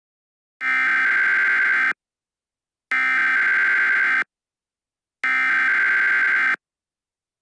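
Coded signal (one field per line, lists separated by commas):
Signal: Emergency Alert System (SAME) tones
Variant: header bursts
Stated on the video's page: Fictional scenario.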